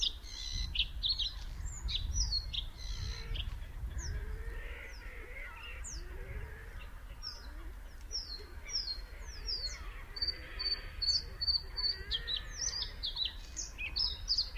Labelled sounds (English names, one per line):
Bluethroat song